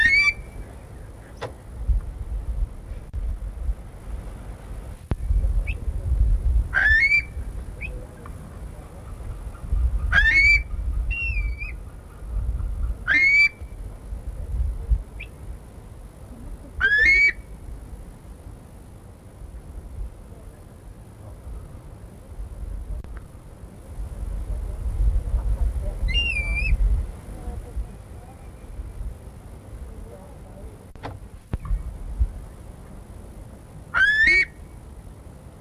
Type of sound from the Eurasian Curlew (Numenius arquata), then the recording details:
call. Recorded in captivity. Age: adult. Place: Tierpark Berlin, Berlin, DE. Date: 1961-10-07. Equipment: Minifon, Kopie Smaragd. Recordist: Tembrock, Günter